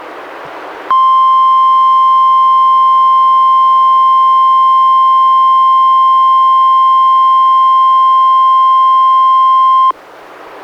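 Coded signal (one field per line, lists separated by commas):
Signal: Emergency Alert System (SAME) tones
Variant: 1050 Hz attention tone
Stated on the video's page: Two NWR required weekly tests relayed by an Astoria weather radio station, recorded directly from a Reecom R-1630 weather radio into a Zoom H1 recorder.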